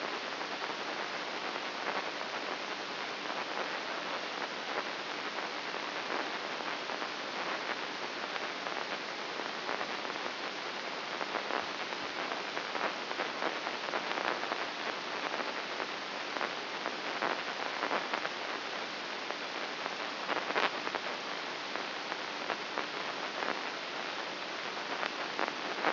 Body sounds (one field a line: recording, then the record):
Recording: brain microelectrode recording played as sound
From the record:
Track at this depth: inside the subthalamic nucleus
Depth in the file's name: 2.64 mm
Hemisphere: right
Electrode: 2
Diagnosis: Parkinson's disease